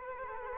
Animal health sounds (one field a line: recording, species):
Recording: mosquito wingbeat signal from an infrared sensor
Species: Culex quinquefasciatus